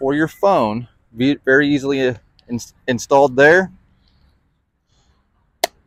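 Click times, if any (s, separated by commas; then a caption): 5.6 s. A phone fitted with its magnetic clamp is placed onto the magnetic mount of a DJI Osmo Mobile 6 smartphone gimbal while someone talks. After the talking stops, a single sharp, loud snap comes at 5.6 s as the clamp snaps into place and seats on the mount.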